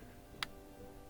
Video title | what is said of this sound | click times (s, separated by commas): DIY Car Repair: Unbelievably Simple Trick to Fix a P0300 Error in Minutes! | push this in until it locks down | 0.4 s